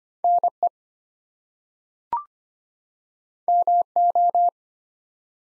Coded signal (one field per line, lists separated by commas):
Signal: Morse code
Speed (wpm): 25 wpm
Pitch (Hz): 700 Hz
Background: none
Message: NE MO